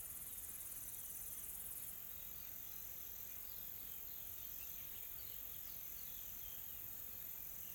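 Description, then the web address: Insects, a high continuous hiss that drops slightly in level early on, joined by soft repeated twitters in the middle. Calm, soft insect ambience recorded in a tropical forest in South Africa. "Smart Sound FX - Nature South Africa AMBIENCE Additional Tropical Forest Soft Insects Calm"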